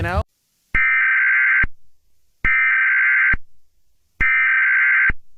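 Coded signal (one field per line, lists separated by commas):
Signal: Emergency Alert System (SAME) tones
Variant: header bursts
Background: speech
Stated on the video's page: Fictional analog-horror EAS scenario, not a real alert.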